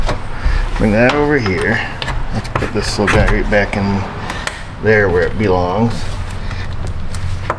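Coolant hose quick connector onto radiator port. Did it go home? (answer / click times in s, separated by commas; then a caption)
yes / 7.5 s. On a 2011 Chevy Silverado during a radiator replacement, a coolant hose quick connector fitting is pushed back onto the radiator port while someone talks. A few small plastic taps follow, and the connector clicks into place at 7.5 s, seating the hose back on the radiator.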